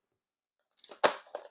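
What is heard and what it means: A standard C7 light bulb and socket assembly, with its roughly three-foot cord, is handled against its holder in a plastic blow mold Christmas decoration from 2022 by Holiday Living and Gemmy, sold at Lowe's. After near-silence, plastic rustling and scraping begins around 0.8 s, with brief sharp knocks at 0.8 s, 0.9 s, 1.1 s (the loudest) and 1.4 s. Nothing has seated or clicked yet.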